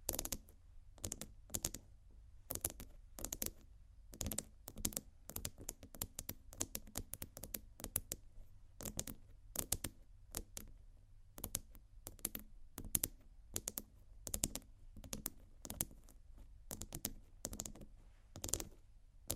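Fingers scratch and tap on textured bags, making dense, irregular clicks and short crisp taps that continue steadily, with a low rumble underneath.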